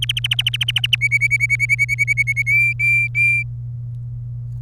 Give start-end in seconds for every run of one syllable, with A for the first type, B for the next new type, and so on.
0.02-0.95 A, 1.01-2.42 B, 2.46-3.43 C